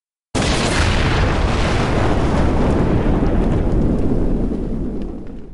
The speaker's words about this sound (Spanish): una potentísima explosión sacudió todo el barco.